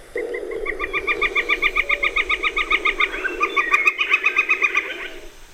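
Northern Flicker wicca wicca call, a rapid run of many repeated notes lasting about five seconds.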